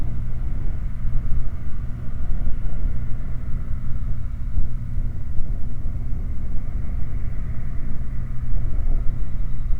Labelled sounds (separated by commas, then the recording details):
machinery, flare stack
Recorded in the Prudhoe Bay oil fields, Alaska, on 15 August 2019 at 19:53
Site 29